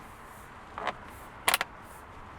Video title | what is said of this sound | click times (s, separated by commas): 2026 Tesla Model Y Juniper – Upgrade the Ugly Dash Fabric with Carbon Fiber! | And you can hear there, everything just clipped in. | 1.5 s, 1.6 s